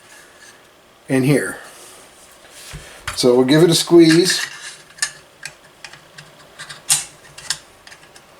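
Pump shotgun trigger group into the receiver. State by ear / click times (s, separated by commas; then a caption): not seated / none. Someone talks while squeezing the trigger group assembly of a Mossberg 500 pump shotgun up into its metal receiver so the pin holes line up. After the speech come a few sharp metallic clicks and taps of handling. Nothing has seated or clicked into place yet.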